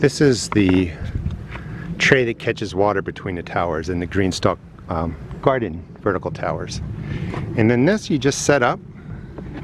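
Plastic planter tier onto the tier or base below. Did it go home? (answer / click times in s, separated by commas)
no / none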